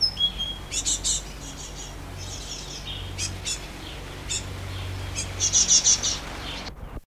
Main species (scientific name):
Parus major